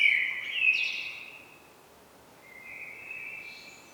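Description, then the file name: Common blackbird song: a loud warbled phrase with a scratchy high ending, then after a pause a quieter, thinner fluting phrase. "Turdus merula"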